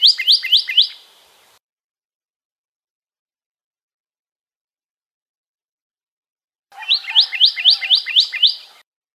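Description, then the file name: Pyrrhuloxia song: a short burst of rising whistled notes, then a silent pause of about five seconds, then a second run of seven quick upslurred whistles. "suara kicauan burung pyrrhuloxia. omkicau"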